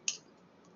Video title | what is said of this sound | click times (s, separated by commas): 3D printed converter from gel pen refill to ballpoint refill | it will lock into place | 0.1 s